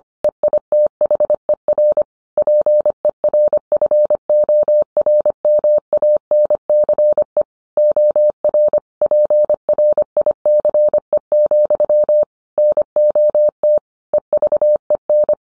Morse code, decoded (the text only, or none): EITHER PERFORMANCE OR PRICE, NOT EVEN